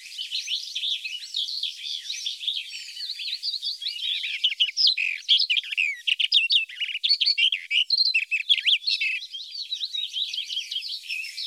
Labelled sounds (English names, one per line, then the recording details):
Barred Warbler song
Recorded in the wild
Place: Flögelner See, Schleswig-Holstein, DE
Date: 1981-06-05
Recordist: Schwarz, Dieter